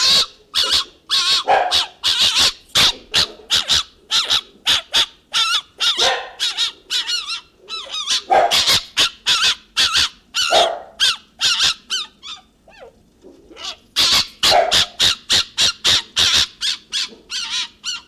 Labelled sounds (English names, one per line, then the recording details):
Fennec Fox
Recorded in captivity
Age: adult
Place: Tierpark Berlin, Berlin, DE
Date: 1969-03-22 10:00
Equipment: Uher 4200 Report Stereo, Sennheiser MD 421, Verstärker 1, Doppelspuraufnahme
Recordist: Tembrock, Günter